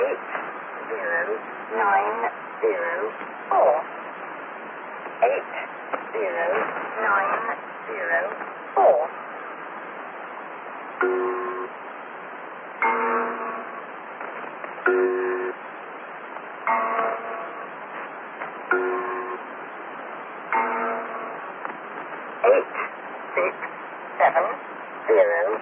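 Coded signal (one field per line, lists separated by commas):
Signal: numbers station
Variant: English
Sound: a voice reads single digits, evenly spaced, through narrow-band radio hiss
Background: radio static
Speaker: just kidding I provided the static on the finyl record though we're really good at this teamwork yeah here here's the real sound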